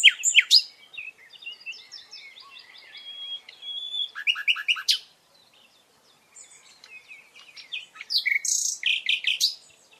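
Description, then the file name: Common nightingale song: loud varied phrases with rapid rattles, pulsed notes and whistled slurs, broken by a short pause. "Luscinia megarhynchos"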